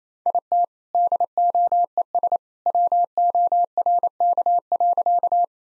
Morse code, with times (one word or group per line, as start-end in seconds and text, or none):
0.3-0.6 IT
0.9-2.4 DOES
2.7-5.4 WORK.